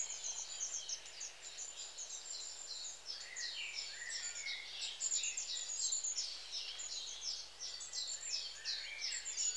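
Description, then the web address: Long-tailed tit: a small flock of long-tailed tits twitters continuously, mixing shrill high notes with lower buzzy trills that repeat unevenly throughout. "The BBC Sound Effects Library. Long Tailed TIT"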